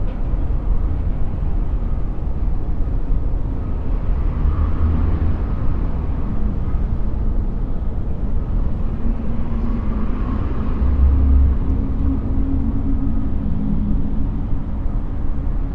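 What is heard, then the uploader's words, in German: City skyline noise with delta binaural tones: a steady, dense low rumble like distant traffic fills the whole clip, with no quiet gaps. Faint sustained low tones drift underneath, and a slightly brighter swell rises around four to five seconds and again near ten seconds. Geräusche aus der Skyline mit Delta-Binauraltönen. 20 Stockwerke über der belebten Stadtszene.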